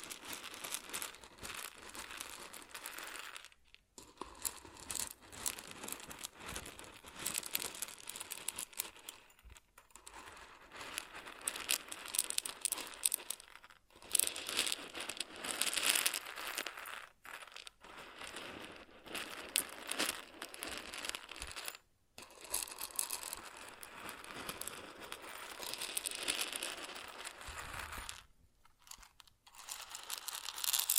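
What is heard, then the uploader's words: Grain pours and shifts in dense, gritty rustling bursts, bright, with a crackly crinkling texture. The flow comes in uneven runs separated by brief silences near 4, 10, 14, 22 and 28 seconds, swelling and thinning throughout. ASMR Grain Sounds (No Talking).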